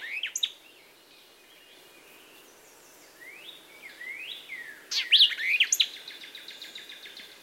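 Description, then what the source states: White-eyed Vireo song, sharp chips and slurred whistled notes, a short phrase at the start, softer slurred notes midway, then a loud emphatic burst of chips and slurs. Sharp, emphatic song rendered 'chick purrowio chick'; sometimes shortened, with the initial 'chick' phrase a common element.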